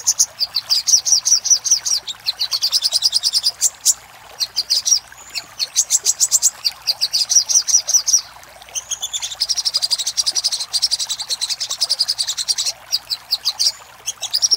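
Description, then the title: Little spiderhunter singing at length: long rapid trains of high, sharp notes, broken by short pauses, with a denser, buzzier stretch in the second half. Master song used for training cage birds, labelled 'Labaik'. "Masteran Burung Sogok Ontong Labaik"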